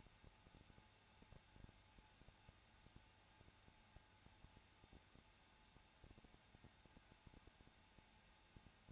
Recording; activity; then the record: daily activity, microphone in the room; no activity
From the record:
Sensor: 2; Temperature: 21.0 degrees Celsius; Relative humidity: 34.2%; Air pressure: 994.3 hPa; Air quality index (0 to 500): 172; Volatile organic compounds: 3 ppm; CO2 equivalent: 1334 ppm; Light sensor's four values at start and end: 2/3/2/2 and 2/3/2/2